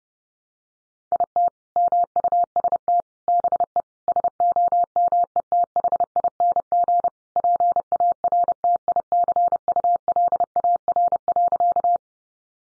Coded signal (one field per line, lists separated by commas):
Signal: Morse code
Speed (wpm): 30 wpm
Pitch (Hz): 700 Hz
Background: none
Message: IT MUST BE SOMETHING PARTICULAR.